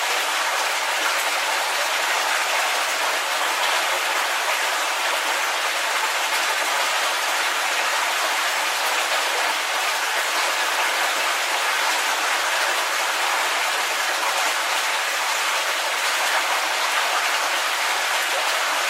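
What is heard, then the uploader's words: Rainwater flows down a storm drain in a steady, dense hiss, bright and even throughout with little low rumble and no distinct events. Sounds of water flowing down a storm drain. As the rainwater trickles down the drain, it creates a gentle and soothing white noise.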